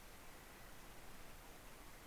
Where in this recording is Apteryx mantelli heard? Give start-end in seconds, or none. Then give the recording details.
0.00-2.06. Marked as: faintness 5/5. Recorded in New Zealand on 2 November 2013. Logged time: 20:59. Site CV71